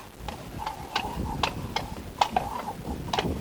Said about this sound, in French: Deux hommes qui descendent de cheval, attachent leur monture et viennent vers moi.